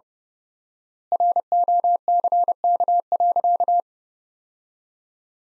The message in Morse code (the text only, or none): ROCK.